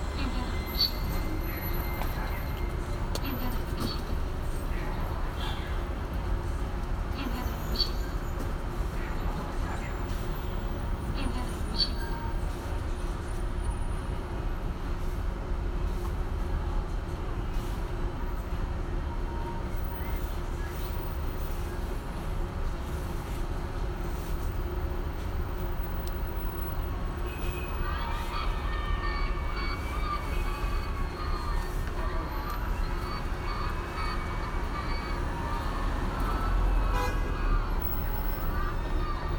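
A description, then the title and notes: A field recording made while visiting the sound piece 'Window Pain' by Colin Siyuan Chinnery at the Tattoo Parlour space in Beijing. A steady low rumble and hum carry throughout, with faint scattered clicks and soft voices. Near the end, a brighter wavering tone rises and lingers. A field recording of a visit to experience the sound piece 'Window Pain' by Colin Siyuan Chinnery, installed at Tattoo Parlour space in Beijing.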